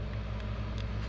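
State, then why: Not seated. The back half of a plastic 4-button remote head key housing for a 2011 Honda Pilot is pushed onto the front half, lip first, during a battery replacement, over a steady low hum. Only a faint small hit is heard at about 0.8 s. The housing fails to snap shut, and nothing has seated or clicked yet.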